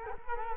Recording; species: mosquito wingbeat signal from an infrared sensor; Culex quinquefasciatus